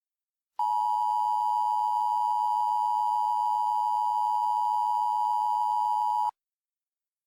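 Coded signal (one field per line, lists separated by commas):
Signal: Emergency Alert System (SAME) tones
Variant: 853 and 960 Hz attention tone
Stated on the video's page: Fictional mock EAS alert, not a real one.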